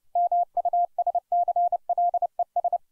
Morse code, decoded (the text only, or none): MUSCLES